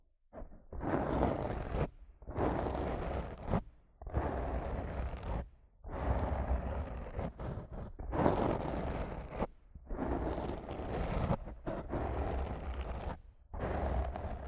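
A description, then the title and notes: Rough scratching and brushing across a microphone, coming in bursts of about one to two seconds separated by brief silent gaps. Each stroke is a dense, gritty rasp with a heavy low rumble underneath and a bright hiss on top, fairly even in loudness throughout. ASMR Rough Mic Scratching & Brushing (No Talking).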